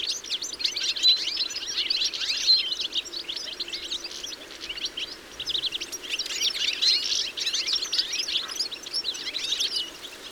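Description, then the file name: European goldfinch twitter of quick, bright chirps and trilled phrases running continuously, surging in two busier bursts, over a faint background hiss. "Carduelis carduelis"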